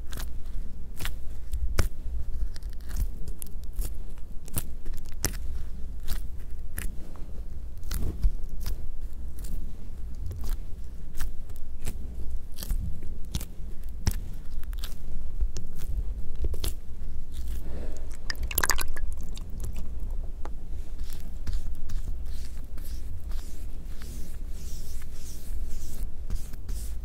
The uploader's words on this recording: Sonidos muy relajantes de gotas cayendo, pulverizadores de agua y más. ASMR Every liquid.